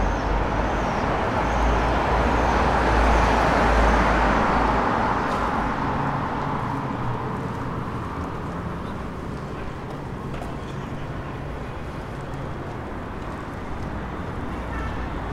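A tram passes over a bridge in Manchester, a loud rumbling roar that peaks in the first few seconds and then slowly eases into a steadier low rumble. Faint clicks and knocks come through the noise, with a low drone underneath.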